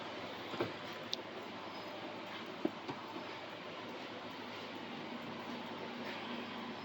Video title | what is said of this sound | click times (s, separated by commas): How to Open & Close the soft top on a 280SL Pagoda | latches into the frame. There's a click there. | 1.1 s